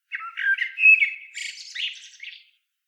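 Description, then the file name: Common blackbird delivering a fluty, tumbling whistled phrase that dissolves into a high, wheezy twitter; otherwise quiet. "Turdus merula"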